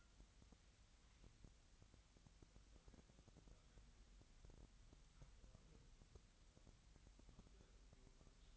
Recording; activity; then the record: daily activity, microphone in the room; wipe stove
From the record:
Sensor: 3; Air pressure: 1003.3 hPa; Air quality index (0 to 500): 198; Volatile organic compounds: 6 ppm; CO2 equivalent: 1934 ppm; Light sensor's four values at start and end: 9/21/9/9 and 9/21/9/9